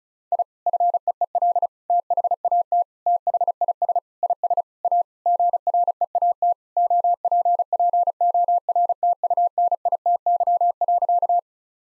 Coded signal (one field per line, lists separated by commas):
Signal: Morse code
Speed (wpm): 36 wpm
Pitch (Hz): 700 Hz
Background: none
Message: I FEEL THAT THIS IS A GREAT OPPORTUNITY.